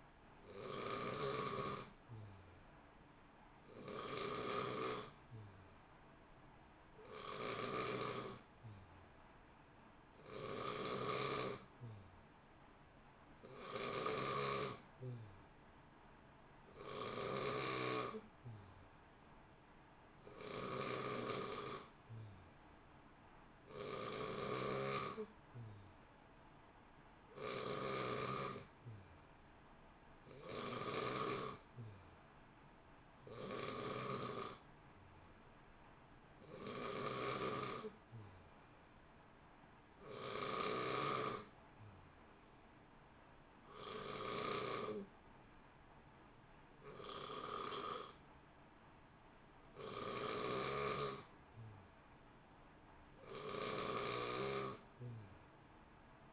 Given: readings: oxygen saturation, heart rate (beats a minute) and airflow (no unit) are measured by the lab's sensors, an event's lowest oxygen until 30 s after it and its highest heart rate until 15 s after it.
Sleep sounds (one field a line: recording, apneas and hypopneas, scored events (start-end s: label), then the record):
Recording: breathing in sleep by a voice recorder at the bedside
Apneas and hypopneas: 1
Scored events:
16.00-48.30 s: hypopnea (N2, oxygen 91% highest, then 88% lowest, heart rate 61 at the start, 63 highest)
41.00-56.33 s: new sleep stage, N3 (deep sleep)
From the record:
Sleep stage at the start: N2 (light sleep)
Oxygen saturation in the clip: 90 to 91%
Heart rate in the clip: 59 to 63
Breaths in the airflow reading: 21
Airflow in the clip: -0.9 to 0.8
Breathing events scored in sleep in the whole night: 328 in 6.3 hours asleep